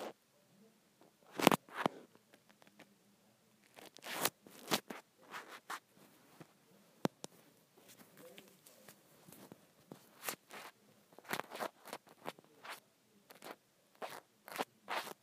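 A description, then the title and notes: Scrunchies being handled make soft, crinkly rustling and scrunching bursts, short and irregular, clustered around seconds 1–2, 4–5, and 10–15. A sharp louder crackle stands out near 1.5 seconds, with quiet gaps between handling, and a faint low murmur underneath. ASMR Satisfying Scrunchie Sounds.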